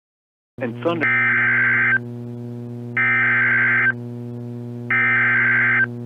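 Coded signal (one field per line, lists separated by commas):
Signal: Emergency Alert System (SAME) tones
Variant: header bursts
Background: speech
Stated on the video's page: Severe thunderstorm warning relayed by FM radio stations, first two recordings with radio interference, last clip with low audio; valid tones.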